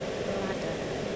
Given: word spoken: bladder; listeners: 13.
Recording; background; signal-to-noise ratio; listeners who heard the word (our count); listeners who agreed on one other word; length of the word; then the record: one English word in noise, from a listening test; speech-shaped noise; -6.2 dB; 3 of 13; 9 of 13; 0.76 s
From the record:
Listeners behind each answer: 9, 3, 1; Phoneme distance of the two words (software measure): 7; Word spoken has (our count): 2 syllables, 5 phonemes, stress on syllable 1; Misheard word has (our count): 2 syllables, 4 phonemes, stress on syllable 1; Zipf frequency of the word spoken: 3.43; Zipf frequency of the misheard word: 4.16